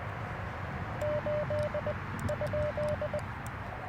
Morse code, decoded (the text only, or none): 8 ?